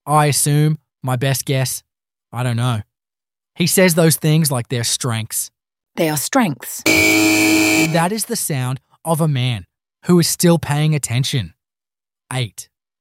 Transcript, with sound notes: “I assume,” “my best guess,” “I don’t know.” He says those things like they’re strengths.
They are strengths.
[SFX: AIR_HORN] And that is the sound of a man who is still paying attention. Eight.